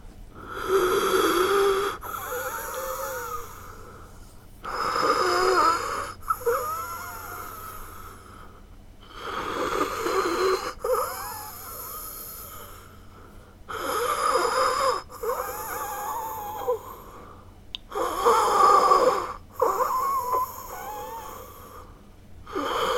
Heavy Breath Wheezing.